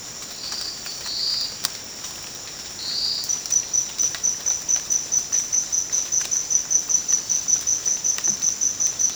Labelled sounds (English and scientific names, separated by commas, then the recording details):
none
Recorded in dense forest near Puerto Asís, Putumayo, Colombia, on 19 June 2025 at 16:30
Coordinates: 0.484, -76.317
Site G045